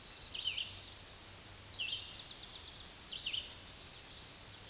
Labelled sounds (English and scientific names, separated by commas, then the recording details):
Tennessee Warbler (Leiothlypis peregrina) song
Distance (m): 50 m
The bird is about 25 m above the microphone
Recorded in a Pennsylvania forest on 16 May 2024 at 06:41
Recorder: AudioMoth, point MSD-2208
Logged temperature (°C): 15.2 °C
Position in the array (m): 119 m, 117 m